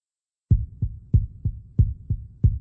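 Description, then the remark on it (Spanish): A steady heartbeat of deep, muffled lub-dub thumps, about four paired beats in a quick, even rhythm after a brief silence, with no voices. “El corazón late 70 veces por minuto.”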